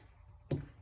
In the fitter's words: I always go anti-clockwise till you hear that click,